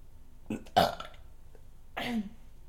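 A few loud burps in quick succession, the first pair short and gurgly, then a longer, lower belch after a brief pause, with no talking.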